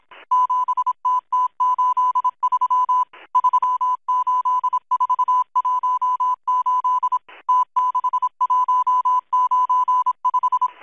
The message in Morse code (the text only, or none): 7TT83 38418 T6195